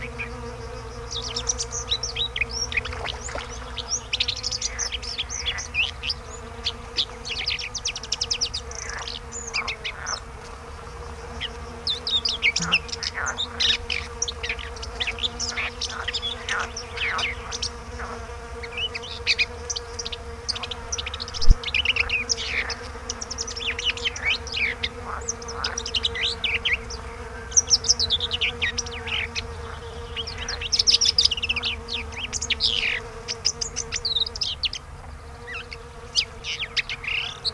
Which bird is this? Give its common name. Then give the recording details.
Red-backed Shrike. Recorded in the wild. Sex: male. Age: adult. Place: Röttenbach, Bayern, DE. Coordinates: 49.6683, 10.9244. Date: 1962-07-01. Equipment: Stellavox SM 5, AKG D19-200, Vorverstärker, langes Kabel, Original, Vollspur. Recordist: Tretzel, Erwin